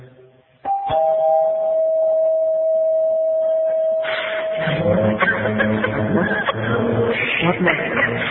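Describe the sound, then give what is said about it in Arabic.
A doorbell rings with a steady, single-pitched electronic tone that holds for about three seconds, then gives way to loud, overlapping voices and commotion. “عندك الجرس.”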